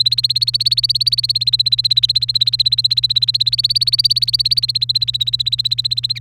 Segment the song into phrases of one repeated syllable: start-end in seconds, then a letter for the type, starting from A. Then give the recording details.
0.00-6.19 A. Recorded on 1 May 2018 at 05:42. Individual llb3